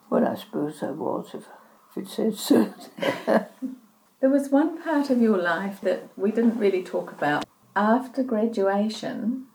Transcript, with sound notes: Well, I suppose I was if it says so there. [Chuckle] There was one part of your life that we didn’t really talk about; after graduation